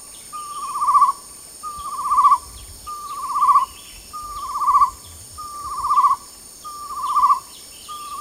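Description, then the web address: Chestnut-necklaced partridge calling: mid-pitched whistled phrases, each swelling in volume, repeated about every second and a quarter, over a steady high insect hum. Recorded at Danum on 8 August 2009. "DANUM 20090808. chestnut-necklaced hill partridge"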